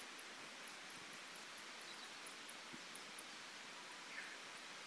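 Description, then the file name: Rat or mouse making a steady train of many tiny high-pitched chirps against a soft background hiss. Recorded in Tottori on 2008-04-09. "nezumi tottori kuroda"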